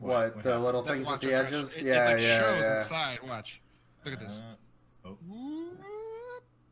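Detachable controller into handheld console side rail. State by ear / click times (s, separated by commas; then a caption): not seated / none. A detachable plastic game controller is being slid back onto the side rail of a handheld console while someone talks over it. The clip ends before the controller locks, so nothing has seated or clicked yet.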